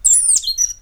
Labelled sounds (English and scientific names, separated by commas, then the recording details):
Stitchbird (Notiomystis cincta) song
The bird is a male
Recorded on Tiritiri Matangi Island, New Zealand, in 2005
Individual 19, of nest box 27